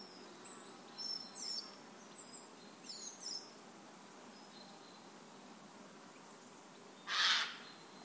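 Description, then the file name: Eurasian jay giving a single short, grating screech near the end, after a stretch of faint high twittering from small birds. "Garrulus glandarius"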